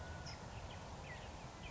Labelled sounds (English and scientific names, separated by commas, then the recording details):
California Towhee (Melozone crissalis)
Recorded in Sonoma County, California